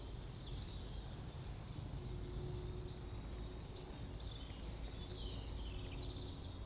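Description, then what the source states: Bird: a busy chorus of high bird chirps and trills runs continuously over a dense, even rush of wind. Birds in St Albans, with wind.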